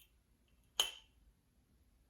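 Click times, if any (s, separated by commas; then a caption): 0.8 s. The second prong of a swing-top closure is pushed into the perforated hole at the top of an amber glass bottle, and it gives a single sharp, bright click at 0.8 s, followed by a brief ring-out. The prong is seated.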